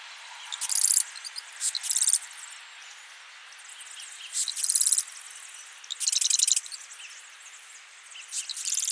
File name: Cistothorus palustris - Marsh Wren